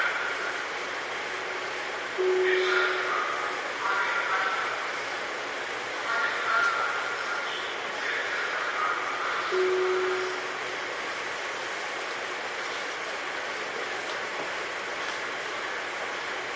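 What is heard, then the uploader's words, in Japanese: A Tobu 9000 series train runs on the line between Kotake-mukaihara and Hiyoshi, with a steady, dense rushing roar throughout. Brief whining tones rise and fade between about two and eight seconds, and a short low hum sounds near 2 and 10 seconds. 東武9000系 小竹向原ー日吉。東京メトロ副都心線→東急東横線の区間で録音。急行運用のため、モーター音が激しいです。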